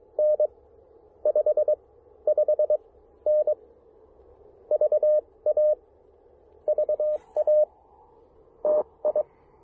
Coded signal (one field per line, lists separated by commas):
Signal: Morse code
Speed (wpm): 22 wpm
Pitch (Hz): 590 Hz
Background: none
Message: N 55N VA VA TI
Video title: Fall Leaf Colors: A flashback to October 2023 and some Elecraft KX1 & MC-750 Lakeside QRP POTA!